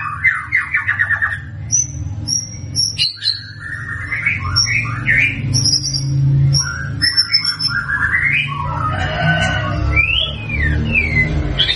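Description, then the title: White-rumped shama song of varied whistled phrases and high upward sweeps, with a constant low rumble in the background. Lively, prolific 'gacor' singing, used as a lure to make birds respond. "PANCINGAN MURAI BATU GACOR, LANGSUNG RESPON"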